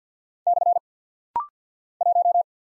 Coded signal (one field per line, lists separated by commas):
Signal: Morse code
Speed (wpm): 49 wpm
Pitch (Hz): 700 Hz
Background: none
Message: / 1